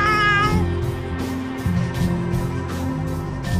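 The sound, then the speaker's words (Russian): A cat meows loudly and continuously, a drawn-out, wavering yowl with strong harmonics that rises and falls in pitch, with no talking over it. “Ну так, это соседский кот.”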